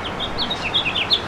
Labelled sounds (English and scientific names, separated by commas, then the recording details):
House Finch (Haemorhous mexicanus) song
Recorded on Long Island, New York, on 27 June 2012
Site BE
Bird A